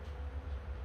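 The adjustable plastic window slider panel of a SereneLife portable air conditioner's exhaust window kit is handled in its groove while its slider lock is squeezed. A steady low rumble with a faint hum near 500 Hz fills the clip, with no sharp transients. Nothing has seated or clicked yet.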